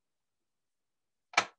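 A mounting screw for a DVD drive is turned counterclockwise in the threaded hole of the drive chassis, so its thread drops into the start of the female thread and lines up without stripping before it is tightened. After silence, one short, sharp click is heard at 1.4 s as the thread drops into place and seats.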